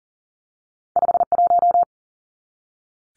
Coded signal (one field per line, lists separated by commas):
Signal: Morse code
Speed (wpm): 40 wpm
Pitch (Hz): 700 Hz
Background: none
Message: 51